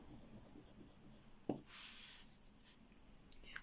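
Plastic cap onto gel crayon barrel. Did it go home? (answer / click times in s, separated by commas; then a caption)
yes / 3.3 s. After swatching, a plastic cap is pushed back onto the barrel of a Kingart gel crayon, with soft rubbing and scratchy handling sounds and a sharp tick near 1.5 s. The cap clicks firmly into place at 3.3 s and stays seated, a proper click meant to keep it from loosening so the crayon doesn't dry out in storage.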